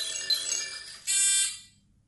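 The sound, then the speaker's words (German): A doorbell rings in two bright electronic tones, the second one louder and sustained before fading away, with no talking over it. “Es klingelt an der Tür, o Gesetzgeber des Weltalls.”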